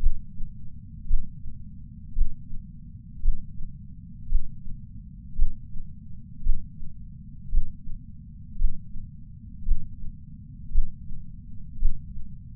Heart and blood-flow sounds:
heart sounds by patch sensor on the chest; 56 bpm
1.06 s: heartbeat
2.14 s: heartbeat
3.21 s: heartbeat
4.28 s: heartbeat
5.35 s: heartbeat
6.42 s: heartbeat
7.50 s: heartbeat
8.57 s: heartbeat
9.64 s: heartbeat
10.71 s: heartbeat
11.78 s: heartbeat
From the record:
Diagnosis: coronary artery disease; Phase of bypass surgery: intraoperative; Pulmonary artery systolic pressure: 26 mmHg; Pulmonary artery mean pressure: 20 mmHg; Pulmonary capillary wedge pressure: 11 mmHg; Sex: female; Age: 69 years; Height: 148 cm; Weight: 51 kg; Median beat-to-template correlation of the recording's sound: 0.86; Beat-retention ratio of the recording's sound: 0.99

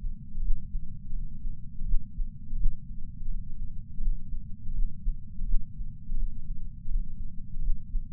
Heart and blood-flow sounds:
heart sounds by patch sensor on the chest; 83 bpm
0.42 s: heartbeat
1.13 s: heartbeat
1.86 s: heartbeat
2.58 s: heartbeat
3.29 s: heartbeat
4.01 s: heartbeat
4.74 s: heartbeat
5.46 s: heartbeat
6.17 s: heartbeat
6.89 s: heartbeat
7.62 s: heartbeat
From the record:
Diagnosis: coronary artery disease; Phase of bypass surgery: postoperative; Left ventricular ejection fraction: 59.9%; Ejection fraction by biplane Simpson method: 56%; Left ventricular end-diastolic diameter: 50 mm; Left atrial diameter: 38 mm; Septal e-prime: 8.6 cm/s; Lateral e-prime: 8.8 cm/s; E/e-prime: 7.7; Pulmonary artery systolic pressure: 23 mmHg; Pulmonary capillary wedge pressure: 16 mmHg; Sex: male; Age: 69 years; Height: 160 cm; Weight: 69 kg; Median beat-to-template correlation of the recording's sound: 0.74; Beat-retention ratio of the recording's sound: 0.99

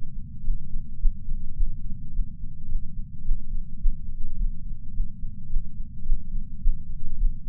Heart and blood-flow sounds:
heart sounds by patch sensor on the chest; 107 bpm
0.42 s: heartbeat
0.98 s: heartbeat
1.54 s: heartbeat
2.11 s: heartbeat
2.67 s: heartbeat
3.23 s: heartbeat
3.79 s: heartbeat
4.36 s: heartbeat
4.92 s: heartbeat
5.48 s: heartbeat
6.04 s: heartbeat
6.60 s: heartbeat
7.16 s: heartbeat
From the record:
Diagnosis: coronary artery disease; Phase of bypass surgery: postoperative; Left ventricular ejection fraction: 54.7%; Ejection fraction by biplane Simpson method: 51.3%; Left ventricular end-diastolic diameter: 46 mm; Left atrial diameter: 45 mm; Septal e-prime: 5.3 cm/s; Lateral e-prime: 7.1 cm/s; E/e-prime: 10.6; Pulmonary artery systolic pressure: 26 mmHg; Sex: male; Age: 58 years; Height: 182 cm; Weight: 89 kg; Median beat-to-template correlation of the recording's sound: 0.72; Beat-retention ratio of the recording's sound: 0.99

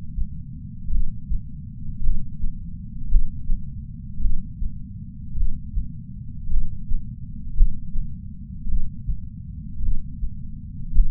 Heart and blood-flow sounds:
heart sounds by patch sensor on the chest; 54 bpm
0.89 s: heartbeat
2.01 s: heartbeat
3.08 s: heartbeat
4.19 s: heartbeat
5.34 s: heartbeat
6.48 s: heartbeat
7.54 s: heartbeat
8.65 s: heartbeat
9.79 s: heartbeat
10.92 s: heartbeat
From the record:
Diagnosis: coronary artery disease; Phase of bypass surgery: postoperative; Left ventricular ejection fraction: 51.3%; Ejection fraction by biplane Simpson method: 50.8%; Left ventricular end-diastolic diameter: 53 mm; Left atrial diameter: 44 mm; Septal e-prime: 5.6 cm/s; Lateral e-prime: 9.8 cm/s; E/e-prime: 14.5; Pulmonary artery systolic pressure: 20 mmHg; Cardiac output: 6.3 L/min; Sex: male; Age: 70 years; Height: 165 cm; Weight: 70 kg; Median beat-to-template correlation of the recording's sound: 0.86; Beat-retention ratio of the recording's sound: 1.00

